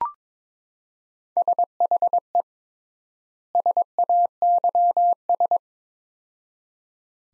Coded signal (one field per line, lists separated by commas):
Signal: Morse code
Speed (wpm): 23 wpm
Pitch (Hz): 700 Hz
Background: none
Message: SHE SAYS